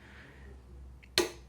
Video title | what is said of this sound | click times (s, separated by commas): How to Fix Oil Leak By Replacing Oil Pressure Switch - Subaru Forester | I hear it clicking so I guess that's probably okay | 1.2 s